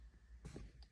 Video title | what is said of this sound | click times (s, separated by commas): 986 Shift Cable Adjustment and Shift-Right Bushing Install - Boxster S 550 Spyder Project Car | With the shift cables clicked back in place, you can now release these springs | 0.8 s